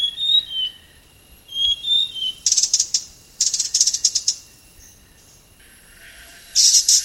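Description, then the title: Blue-crowned hanging parrot calls: high whistled notes sliding downward, then several harsh, buzzy chattering bursts repeated in quick succession, with a steady faint high hum throughout. "SERINDIT"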